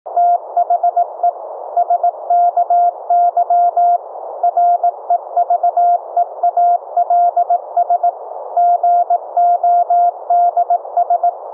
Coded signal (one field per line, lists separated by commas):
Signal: Morse code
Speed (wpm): 19 wpm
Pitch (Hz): 700 Hz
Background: none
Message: THE SKY REVEALS GODS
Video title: Transmit & Receive CW morse code over the FAMILY RADIO SERVICE(FRS) 2-way radios - LIVE demo